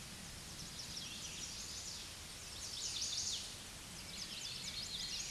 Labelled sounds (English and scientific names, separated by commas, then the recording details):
Chestnut-sided Warbler (Setophaga pensylvanica) song
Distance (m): 30 m
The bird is about 5 m above the microphone
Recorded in a Pennsylvania forest on 16 May 2024 at 07:05
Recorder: AudioMoth, point MSD-0079
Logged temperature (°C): 16.1 °C
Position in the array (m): 182 m, 62 m